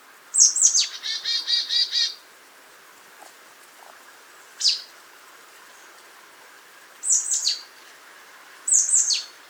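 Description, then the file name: Marsh tit calls: sharp high notes slurring steeply downward, one leading into a rapid buzzy run of several repeated notes, then single and paired downslurred calls later. "Poecile palustris"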